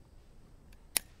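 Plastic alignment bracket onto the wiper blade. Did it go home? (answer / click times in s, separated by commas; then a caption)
yes / 1.0 s. A new plastic alignment bracket is pressed onto a new wiper blade for a BMW or MINI, with a faint tick at 0.7 s before it snaps on with a sharp, bright click at 1.0 s. The bracket is seated on the blade.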